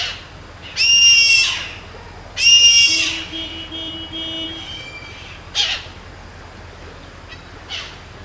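Bird calling with loud, harsh screeches, two long rasping cries followed by shorter scratchy bursts, while a low steady hum runs briefly underneath.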